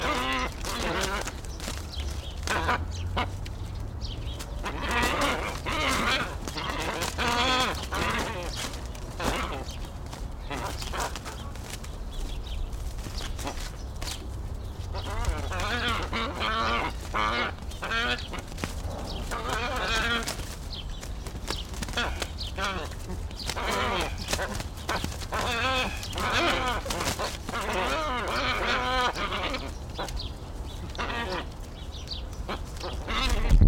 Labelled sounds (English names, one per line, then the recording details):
Glossy Ibis
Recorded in captivity
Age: adult
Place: Tierpark Berlin, Berlin, DE
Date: 1994-04-08 13:01
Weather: heiter bis wolkig, ca. 8°C
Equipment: Marantz CP 430, Sennheiser ME 80, Kopie Uher Variocord 263
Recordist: Tembrock, Günter